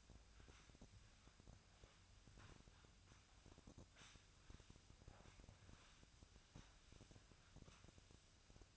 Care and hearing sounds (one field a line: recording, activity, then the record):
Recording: daily activity, microphone in the room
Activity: sweep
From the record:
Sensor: 2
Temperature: 24.5 degrees Celsius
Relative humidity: 39.5%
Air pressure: 1003.0 hPa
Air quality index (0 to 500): 199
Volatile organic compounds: 6 ppm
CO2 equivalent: 1891 ppm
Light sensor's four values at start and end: 13/31/13/14 and 13/31/13/14